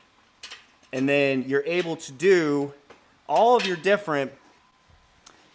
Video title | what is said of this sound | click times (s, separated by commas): Budget vs Premium Plate Loaded Cable Systems: What You Get at $ vs $$$ | and then it just pops right in to this upright here, | 0.4 s